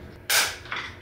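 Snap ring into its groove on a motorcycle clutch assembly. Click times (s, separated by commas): 0.7 s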